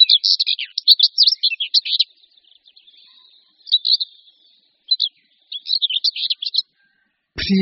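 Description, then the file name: Common whitethroat delivering rapid scratchy warbling phrases and short note bursts with brief pauses between, ending in a sudden low thump. "Pěnice-hnědokřídlá"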